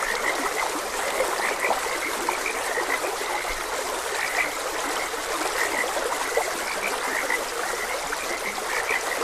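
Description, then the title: Frogs giving a busy run of short croaking notes, scattered evenly throughout, beneath a continuous wash of running water. Frogs croaking beside a gentle stream. "Gentle Stream and Frogs Croaking"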